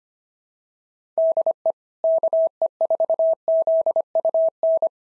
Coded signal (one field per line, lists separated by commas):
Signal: Morse code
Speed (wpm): 25 wpm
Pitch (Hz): 650 Hz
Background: none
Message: DE KE4ZUN